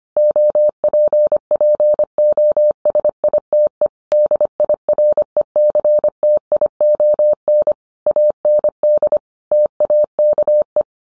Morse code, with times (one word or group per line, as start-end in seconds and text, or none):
0.2-3.9 OPPOSITE
4.1-7.7 DIRECTION
8.1-9.2 AND
9.5-10.8 TAKE